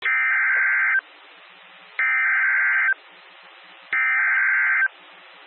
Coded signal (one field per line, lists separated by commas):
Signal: Emergency Alert System (SAME) tones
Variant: header bursts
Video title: Flash Flood Warning (Berks County, PA) (7/31/25) [EAS #192]